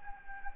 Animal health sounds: mosquito wingbeat signal from an infrared sensor; Anopheles gambiae

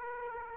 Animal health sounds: mosquito wingbeat signal from an infrared sensor; Aedes aegypti

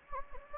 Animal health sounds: mosquito wingbeat signal from an infrared sensor; Anopheles gambiae

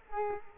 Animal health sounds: mosquito wingbeat signal from an infrared sensor; Culex quinquefasciatus

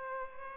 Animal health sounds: mosquito wingbeat signal from an infrared sensor; Culex pipiens

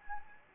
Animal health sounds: mosquito wingbeat signal from an infrared sensor; Anopheles gambiae

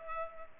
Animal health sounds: mosquito wingbeat signal from an infrared sensor; Culex pipiens

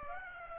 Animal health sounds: mosquito wingbeat signal from an infrared sensor; Aedes aegypti

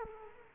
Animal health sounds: mosquito wingbeat signal from an infrared sensor; Culex quinquefasciatus

